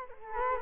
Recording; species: mosquito wingbeat signal from an infrared sensor; Culex quinquefasciatus